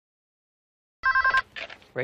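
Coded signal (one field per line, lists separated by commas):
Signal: none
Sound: telephone ring sound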